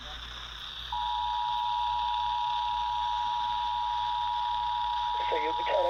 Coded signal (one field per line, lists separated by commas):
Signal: Emergency Alert System (SAME) tones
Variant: 853 and 960 Hz attention tone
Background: speech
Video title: Emergency Alert System EAS Required Monthly Test Minnesota Statewide WCCO-AM KNOW-FM and KDWB-FM